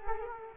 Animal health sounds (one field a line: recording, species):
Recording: mosquito wingbeat signal from an infrared sensor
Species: Culex quinquefasciatus